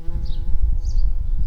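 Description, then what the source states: Garden bumblebee buzz, a steady low droning hum with even overtones that holds for the whole second and a half, with some low rumbling noise. Worker bees.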